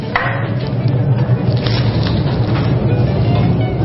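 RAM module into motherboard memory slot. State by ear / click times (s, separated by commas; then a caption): seated / 0.2 s. A RAM memory stick is pressed down into a motherboard DIMM memory slot until the latch clicks, with a sharp click at 0.2 s over steady background music. Two fainter short ticks follow at about 1.7 s and 2.1 s. The module is seated.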